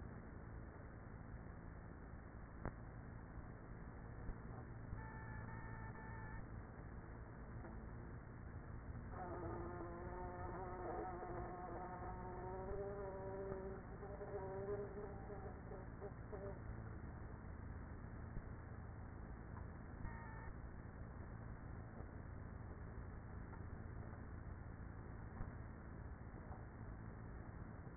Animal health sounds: honeybee colony, microphone inside the hive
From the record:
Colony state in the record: queenless with a low population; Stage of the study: after two queens were removed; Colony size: about 30,000 bees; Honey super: no

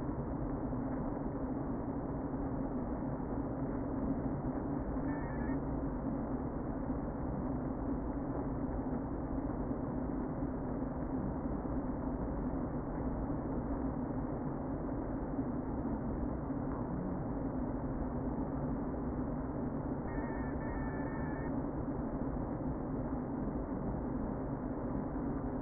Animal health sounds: honeybee colony, microphone inside the hive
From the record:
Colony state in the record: queen present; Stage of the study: before two queens were removed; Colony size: about 60,000 bees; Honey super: yes

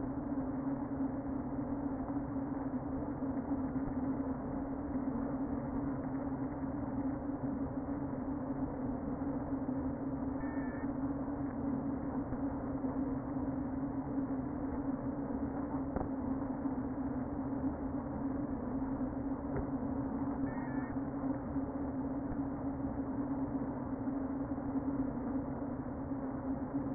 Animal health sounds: honeybee colony, microphone inside the hive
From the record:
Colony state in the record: queen present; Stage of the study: before two queens were removed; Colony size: about 60,000 bees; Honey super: yes

